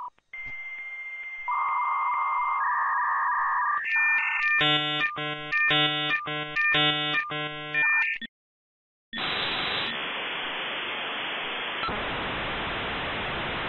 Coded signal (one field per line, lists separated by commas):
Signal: dial-up modem handshake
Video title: YTP | Brian Sleeps With The Dial-Up Modem | Nancer